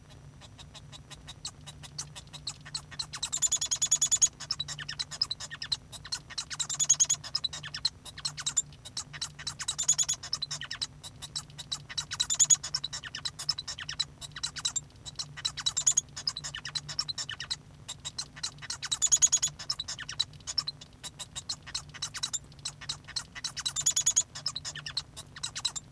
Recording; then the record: song of a male Bengalese finch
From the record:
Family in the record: son of father 1